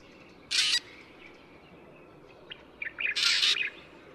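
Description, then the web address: Black drongo giving two harsh, rasping bursts about two and a half seconds apart, with a few short chips just before the second. Recorded at Yushan. "大卷尾. Yushan"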